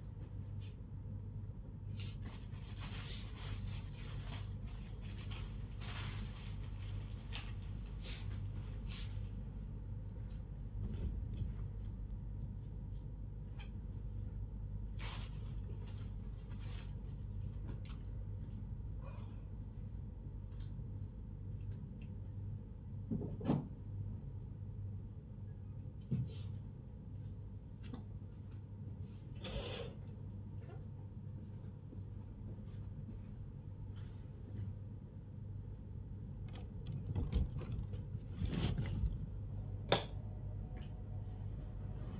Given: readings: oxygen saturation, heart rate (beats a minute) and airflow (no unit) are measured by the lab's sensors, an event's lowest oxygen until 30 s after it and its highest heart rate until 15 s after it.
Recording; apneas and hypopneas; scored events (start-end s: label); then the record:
a person awake in a sleep study, by a smartphone at the bedside; none
none scored
From the record:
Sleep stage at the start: awake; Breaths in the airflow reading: 17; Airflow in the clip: -0.7 to 0.7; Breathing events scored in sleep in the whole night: 158 in 7.3 hours asleep